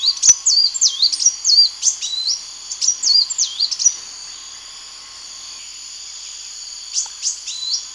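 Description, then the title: Java sparrow song: clear, bell-like swooping notes in a quick run for about four seconds, a pause, then a few more notes, over a steady high hum. "kicau gelatik"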